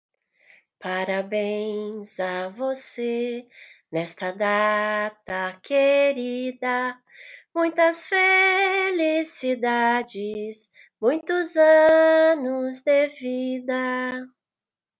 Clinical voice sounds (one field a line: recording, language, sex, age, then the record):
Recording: short text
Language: Brazilian Portuguese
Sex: female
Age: 50 to 59 years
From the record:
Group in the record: control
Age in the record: 59 years